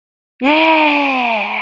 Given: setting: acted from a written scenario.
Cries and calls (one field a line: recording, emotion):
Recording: vocal sound without words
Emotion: triumph